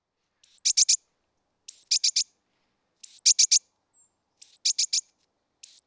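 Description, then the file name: Great tit calls: a thin high descending note followed by two or three sharp buzzy clicks, the phrase repeated several times. "Parus major"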